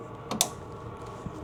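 An electrical connector is pushed onto the fuel pump of a Ferrari 360. A softer tap at 0.3 s is followed by a sharp, bright click at 0.4 s as the connector seats fully.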